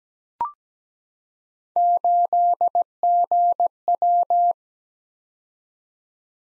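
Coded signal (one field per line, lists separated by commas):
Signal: Morse code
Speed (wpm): 17 wpm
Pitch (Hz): 700 Hz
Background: none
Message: 8GW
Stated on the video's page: Computer-generated Morse practice drill of random three-character letter-number groups at 17 wpm, each group sent, spoken, then sent again.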